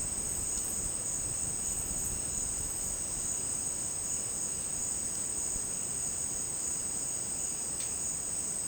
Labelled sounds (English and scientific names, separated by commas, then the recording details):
none
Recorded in secondary vegetation near Puerto Asís, Putumayo, Colombia, on 25 June 2025 at 12:00
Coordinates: 0.484, -76.319
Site G074